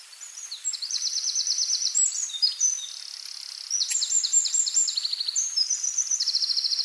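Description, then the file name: Eurasian wren singing a fast, shrill stream of machine-gun trills and clear high notes that run on without pause for several seconds. "Troglodytes troglodytes"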